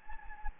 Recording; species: mosquito wingbeat signal from an infrared sensor; Anopheles gambiae